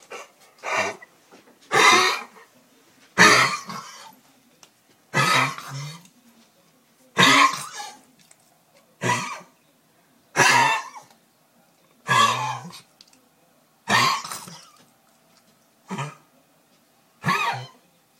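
About a dozen harsh, hacking cough bursts from a dog, spaced roughly every one to two seconds, some in doubled hacks with a throat-clearing quality. Coughing like this in a dog is a sign worth monitoring.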